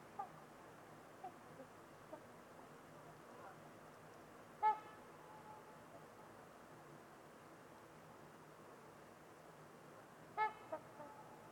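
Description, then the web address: Trumpeter swan calls, just two brief nasal honks several seconds apart, with a few fainter notes, in an otherwise hushed, still setting. Trumpeter swans on a winter evening at Winters Lake in a deep, silent valley, with distant white noise. "Trumpeter Swans on a Winter's Eve. Winters-Lake-with-Swan. Wind Is the Original Radio"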